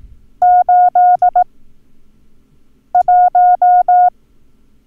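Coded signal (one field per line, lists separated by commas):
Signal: Morse code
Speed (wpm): 18 wpm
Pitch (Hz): 720 Hz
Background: none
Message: 81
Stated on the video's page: Morse code lesson drill teaching the numbers 1 and 8, part of a sequential additive course.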